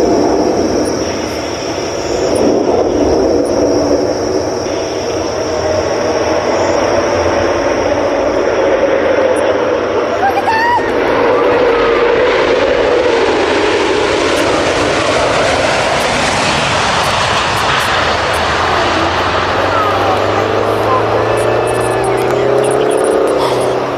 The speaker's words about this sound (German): Ja, ich würde sagen, das ist nicht nur interessant, das ist wahnsinnig beeindruckend, dieser brachiale Sound von einem Shuttle, das landet. Was gleitet.